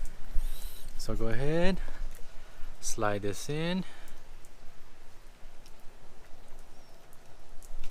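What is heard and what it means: A wiper blade is slid over the metal hook of a Mazda 5 windshield wiper arm and lined up, while someone talks briefly. Only light handling sounds and faint ticks are heard over steady outdoor background noise. Nothing has clicked or locked yet.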